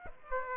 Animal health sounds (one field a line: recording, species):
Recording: mosquito wingbeat signal from an infrared sensor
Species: Aedes aegypti